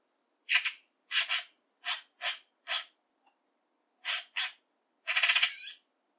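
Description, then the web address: Eurasian magpie calling with a series of loud grating rasps, a short pause, two more rasps, then a longer rattling chatter at the end. "cianscape birddata Deverinetal"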